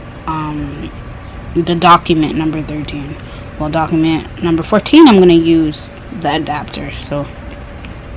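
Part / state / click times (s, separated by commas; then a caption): lavalier microphone plug into headphone adapter / not seated / none. A lavalier microphone plug is handled next to a headphone adapter while someone talks. The plug has not yet clicked or seated in the adapter by the end of the clip.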